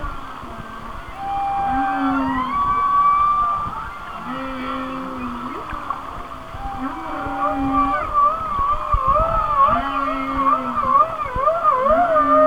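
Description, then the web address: Whale song: repeated low flat moans alternating with zigzagging, wavy whistles that grow busier toward the end, over hiss. "Natures Songs Whale Songs Whale Songs- Mike Mc Donald"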